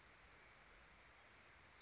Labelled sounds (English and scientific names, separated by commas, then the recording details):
Western Flycatcher (Empidonax difficilis)
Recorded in Sonoma County, California